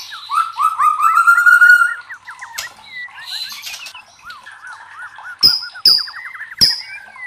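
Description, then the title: White-rumped shama song of fast, looping, lower warbled notes repeated in a long chain, broken near the end by sharp clicking bursts. Training song (masteran) for caged birds. "MURAI BATU LABAIK"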